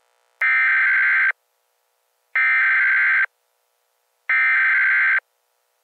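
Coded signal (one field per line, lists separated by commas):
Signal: Emergency Alert System (SAME) tones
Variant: header bursts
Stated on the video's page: Recreation of a Required Weekly Test for east coast states.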